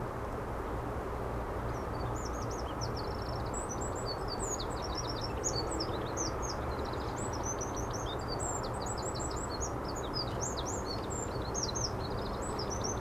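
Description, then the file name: Eurasian wren song: long, rapid bursts of high, shrill notes and trills running almost without pause, beneath them a constant heavy rushing noise. "Troglodytes troglodytes"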